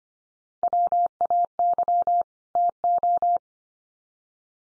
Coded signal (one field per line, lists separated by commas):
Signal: Morse code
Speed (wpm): 25 wpm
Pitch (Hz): 700 Hz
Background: none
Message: WAY TO